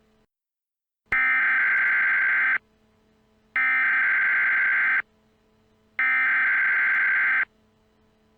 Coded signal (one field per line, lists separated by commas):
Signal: Emergency Alert System (SAME) tones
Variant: header bursts